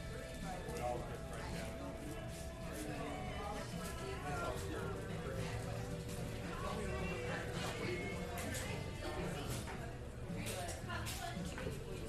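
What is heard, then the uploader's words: A coffee shop hums with overlapping chatter and steady murmuring voices, dense and constant, with occasional bright clinks of cups and dishes. This episode of the White Noise Podcast is A COFFEE SHOP.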